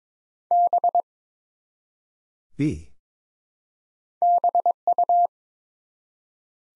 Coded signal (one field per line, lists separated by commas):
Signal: Morse code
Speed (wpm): 22 wpm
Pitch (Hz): 700 Hz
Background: none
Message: B BU